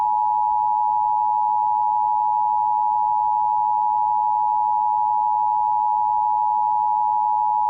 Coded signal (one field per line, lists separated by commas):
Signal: Emergency Alert System (SAME) tones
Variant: 853 and 960 Hz attention tone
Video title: EAS#5 first out of country alert￼